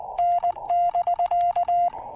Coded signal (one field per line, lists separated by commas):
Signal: Morse code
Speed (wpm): 19 wpm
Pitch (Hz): 700 Hz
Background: none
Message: N<BK>